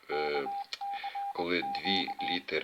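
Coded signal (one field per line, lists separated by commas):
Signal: Morse code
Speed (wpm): 21 wpm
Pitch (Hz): 800 Hz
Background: speech, radio noise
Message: K CQ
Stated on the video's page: On-air Morse lesson introducing letters O, T, Z, ?, / with practice CQ calls and number groups.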